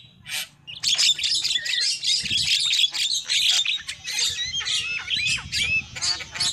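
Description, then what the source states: Lovebird chattering, one short squeak then a dense run of shrill squawks and twittering notes, with low rumbling noise below. Lure call used for trapping lovebirds.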